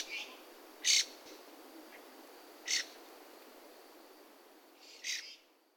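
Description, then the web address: Bird giving three harsh, rasping squawks spaced about two seconds apart over a steady background hiss. "yacho koe"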